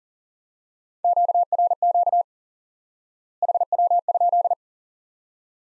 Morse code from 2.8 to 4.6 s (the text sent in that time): HW?